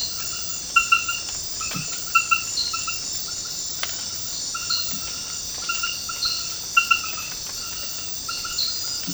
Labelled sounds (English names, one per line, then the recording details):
none
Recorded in secondary vegetation near Puerto Asís, Putumayo, Colombia, on 13 March 2025 at 23:30
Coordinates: 0.498, -76.327
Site G001